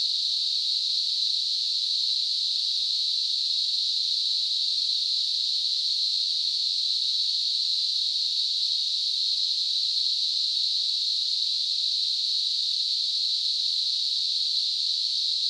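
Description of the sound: A simulated tinnitus sound: a steady, continuous high-pitched hiss concentrated around 4 kHz, unchanging throughout.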